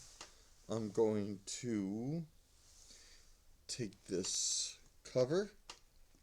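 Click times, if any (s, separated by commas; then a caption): none. Someone talks while handling the plastic cover for the gear tower of an Athearn SD45 model locomotive's truck during reassembly, about to press it onto the gear tower. A couple of faint, brief ticks are heard between the words, around 0.2 and 5.7 seconds. Nothing has seated or snapped on yet.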